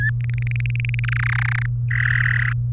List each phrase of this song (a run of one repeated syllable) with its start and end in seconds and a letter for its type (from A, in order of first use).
0.00-0.10 A, 0.20-0.99 B, 1.04-1.66 C, 1.91-2.53 D